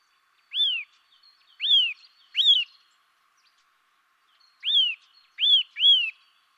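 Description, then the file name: Eurasian nuthatch calling: clear, ringing, arched whistled notes, three in a loose group, a pause, then three more, with soft twittering in the background. "Sitta europaea"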